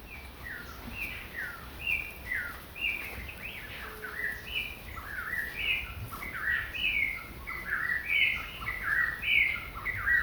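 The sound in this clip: Eastern whip-poor-will singing its rhythmic whistled phrase again and again, each phrase a quick dip and upward snap, roughly once a second, with faint hiss behind.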